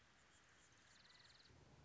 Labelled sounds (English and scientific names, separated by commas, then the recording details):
Anna's Hummingbird (Calypte anna)
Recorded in Sonoma County, California